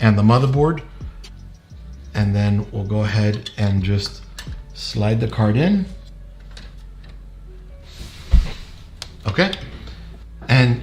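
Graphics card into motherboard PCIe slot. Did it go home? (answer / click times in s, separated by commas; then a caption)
yes / 9.0 s. Someone talks while a graphics card is slid into a motherboard's PCIe slot and pushed down. A sharp little click at 9.0 s is the slot's retention latch locking, and the card is seated in place.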